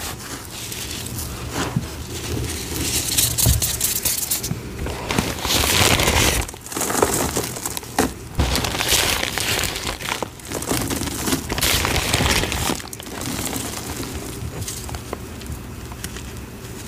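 Powder being sifted and mixed, with dense, soft crinkling and crunching that surges and eases in uneven waves, dipping briefly around six seconds.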